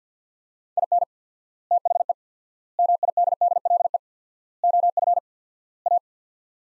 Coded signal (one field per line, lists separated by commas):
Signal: Morse code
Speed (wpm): 50 wpm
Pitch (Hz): 700 Hz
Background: none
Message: IN THE MIDDLE OF A